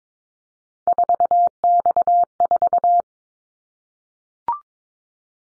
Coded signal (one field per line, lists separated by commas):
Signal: Morse code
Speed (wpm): 22 wpm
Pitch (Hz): 700 Hz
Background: none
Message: 4X4